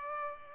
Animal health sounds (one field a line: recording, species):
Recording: mosquito wingbeat signal from an infrared sensor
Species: Culex pipiens